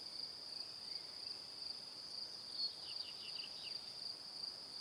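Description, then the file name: Shrill cricket chorus throughout, joined near the middle by a short burst of several falling chirps. Crickets chirping in the evening. "Calm - Evening Crickets"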